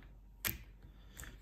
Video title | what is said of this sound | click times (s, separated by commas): 2018 Chrysler Pacifica Hybrid Roof Rack Cross Bar Replacing Thumbscrew Clamps | until you hear a click one click | 0.5 s